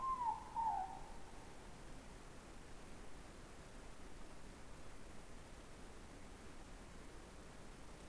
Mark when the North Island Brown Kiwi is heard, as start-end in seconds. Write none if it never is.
none